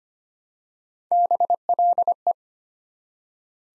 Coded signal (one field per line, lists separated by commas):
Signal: Morse code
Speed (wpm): 25 wpm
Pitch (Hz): 700 Hz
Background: none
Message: BLE